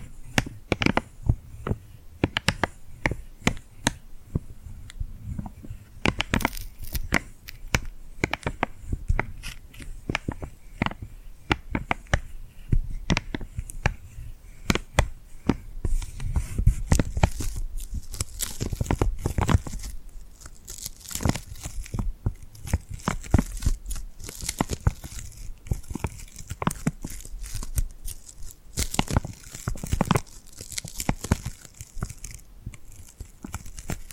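Sticky, glued hands peel and press together in a dense run of sharp, crackly clicks and tearing snaps that barely pause. The pace shifts throughout, with busier, louder stretches around the middle and near the end, over a faint low rumble.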